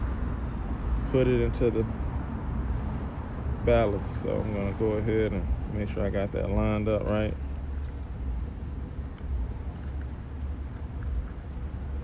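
A plastic connector is lined up with the headlight ballast socket of a 2011-2013 Infiniti M37 before being pushed in, with soft handling noises over a steady low background hum while someone talks. Nothing has seated or clicked yet.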